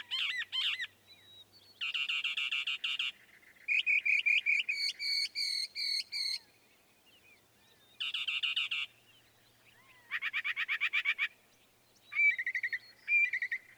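Northern mockingbird singing varied phrases in bursts: a buzzy rattle, bright repeated chirps, a long trilled series, each style repeated before changing, with brief pauses between phrases.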